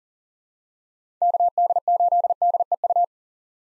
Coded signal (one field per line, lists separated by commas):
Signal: Morse code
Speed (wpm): 40 wpm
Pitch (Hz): 700 Hz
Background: none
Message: KD8DEU